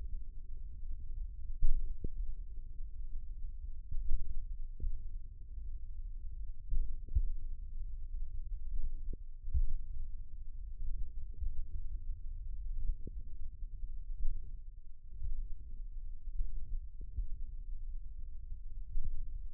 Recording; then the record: forearm muscle sounds (acoustic myography)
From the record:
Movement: tripod grip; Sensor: system 1, eight BSWA MPA416 microphones around the upper forearm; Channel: 6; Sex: male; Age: 54 years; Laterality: right